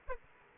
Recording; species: mosquito wingbeat signal from an infrared sensor; Aedes aegypti